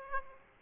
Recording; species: mosquito wingbeat signal from an infrared sensor; Aedes aegypti